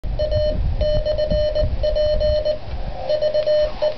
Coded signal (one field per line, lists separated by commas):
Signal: Morse code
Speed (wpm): 19 wpm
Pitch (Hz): 610 Hz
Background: none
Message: A/P VE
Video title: VE2/OU-001 SOTA Activation 7/23/11 - Ante calling CQ